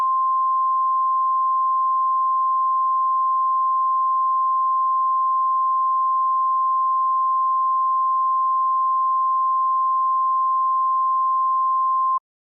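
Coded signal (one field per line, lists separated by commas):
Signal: Emergency Alert System (SAME) tones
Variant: 853 and 960 Hz attention tone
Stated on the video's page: Fake emergency alert about a bee attack.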